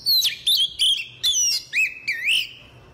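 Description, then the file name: Oriental magpie-robin song of sweet, slurred whistles, some falling and some rising and wavering, in quick separate phrases with brief gaps between. "tieng chich choe"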